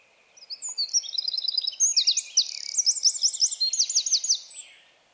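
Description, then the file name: Eurasian wren song, one long, loud, headlong outpouring of very high, fast trills and sharp repeated notes lasting about four seconds before stopping. "Troglodytes troglodytes"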